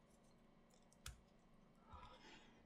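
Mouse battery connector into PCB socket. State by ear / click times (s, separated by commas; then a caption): seated / 1.1 s. The battery connector of a wireless gaming mouse is pushed back into its socket on the PCB. Over faint background noise, a single sharp click sounds at 1.1 s, followed by softer handling sounds. The connector is seated properly.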